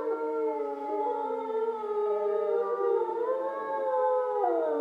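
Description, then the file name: Wolf: wolves in a chorus of overlapping howls, several steady tones layered together, some sliding upward near the end. Wolves recorded in Schorfheide, Germany, on 29 October 2015. "Wölfe Schorfheide 151029"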